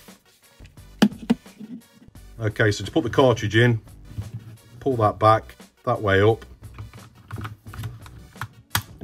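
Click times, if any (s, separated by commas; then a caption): 8.8 s. The rear cover of a Dymo LetraTag 100H handheld label maker is pulled back, and a plastic label tape cartridge is lined up and pressed into its bay while someone talks. Sharp plastic knocks come at about 1.0 s and 1.3 s, and lighter taps follow from 6.8 s to 8.4 s. The cartridge seats with a loud final click at 8.8 s.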